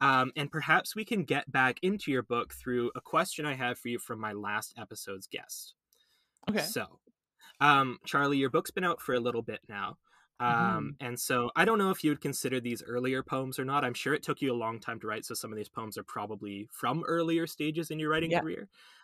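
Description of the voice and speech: Adult speaker with typical speech. The speaker had a lisp for most of the primary school years.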